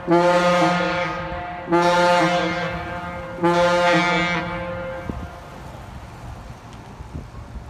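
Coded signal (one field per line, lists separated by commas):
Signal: coded fire alarm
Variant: Gamewell diaphone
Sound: three deep, loud, low-pitched horn blasts back to back, echoing away outdoors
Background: outdoor ambience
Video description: These are Northport Fire Dwpartments diaohohes going off for a General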